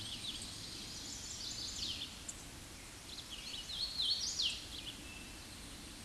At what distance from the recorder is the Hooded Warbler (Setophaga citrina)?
about 10 m